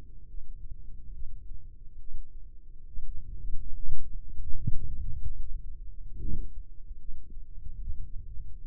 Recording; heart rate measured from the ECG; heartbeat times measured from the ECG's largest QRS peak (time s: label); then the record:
heart sounds by microphone in the left ear; 72 bpm
0.29 s: heartbeat
1.13 s: heartbeat
1.99 s: heartbeat
2.86 s: heartbeat
3.74 s: heartbeat
4.55 s: heartbeat
5.39 s: heartbeat
6.21 s: heartbeat
7.00 s: heartbeat
7.80 s: heartbeat
8.62 s: heartbeat
From the record:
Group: healthy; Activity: rest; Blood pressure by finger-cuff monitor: 80/48 mmHg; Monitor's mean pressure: 59 mmHg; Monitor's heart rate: 71 bpm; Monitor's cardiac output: 4 L/min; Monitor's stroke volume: 56 mL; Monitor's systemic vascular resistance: 1040 dyn s/cm5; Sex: male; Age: 55 years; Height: 167 cm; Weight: 57.2 kg